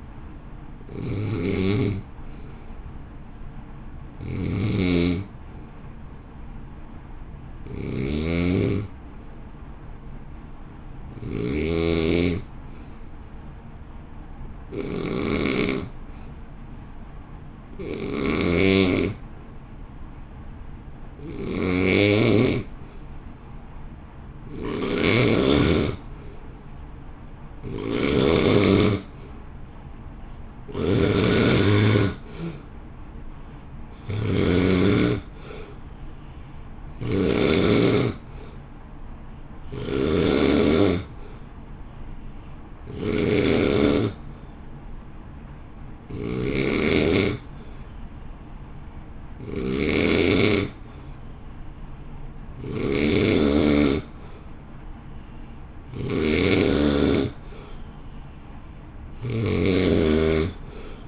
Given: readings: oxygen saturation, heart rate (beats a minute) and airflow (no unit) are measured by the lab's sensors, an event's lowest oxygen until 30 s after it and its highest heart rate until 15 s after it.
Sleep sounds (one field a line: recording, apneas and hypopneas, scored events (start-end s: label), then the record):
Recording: breathing in sleep by a smartphone at the bedside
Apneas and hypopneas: 1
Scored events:
5.00-27.90 s: hypopnea (N1, oxygen 93% highest, then 83% lowest, heart rate 53 at the start, 61 highest)
14.00-61.08 s: new sleep stage, N2 (light sleep)
From the record:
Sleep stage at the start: N1 (lightest sleep)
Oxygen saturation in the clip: 79 to 93%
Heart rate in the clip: 49 to 61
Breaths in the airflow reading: 23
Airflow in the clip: -1.4 to 1.1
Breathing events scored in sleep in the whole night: 328 in 6.3 hours asleep